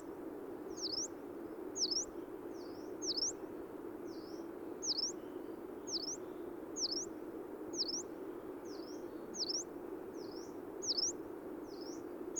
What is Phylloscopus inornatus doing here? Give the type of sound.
song